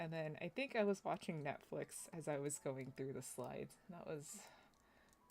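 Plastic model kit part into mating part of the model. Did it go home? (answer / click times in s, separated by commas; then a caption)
no / none. Someone talks for most of the clip while trying again to seat a plastic part of a Gunpla model kit into its mating part of the model. Only a faint tick is heard near the end, and the part has not clicked in, with a gap still visible.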